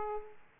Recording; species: mosquito wingbeat signal from an infrared sensor; Aedes aegypti